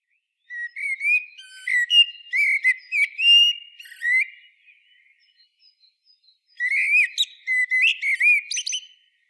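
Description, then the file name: Eurasian blackbird song in two long bursts of mellow, slurred whistles mixed with thin high chirps, separated by a few seconds of near quiet. "Turdus merula"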